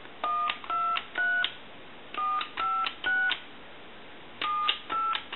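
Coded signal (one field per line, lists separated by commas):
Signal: DTMF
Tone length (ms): 250 ms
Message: 123 456 78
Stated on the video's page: Tones from a Radio Shack Continental 43-330 telephone being checked out and repaired.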